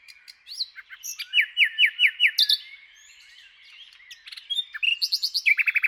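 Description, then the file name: Common nightingale song: varied phrases with a run of loud repeated notes, a pause, then rapid high chattering trills. "Luscinia megarhynchos"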